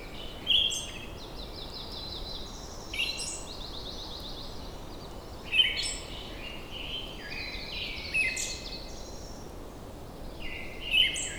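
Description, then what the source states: Siberian thrush singing short whistled phrases with a high thin note, roughly every two and a half seconds, among steady chattering songs of other birds. Recorded at Wuying, Heilongjiang, China.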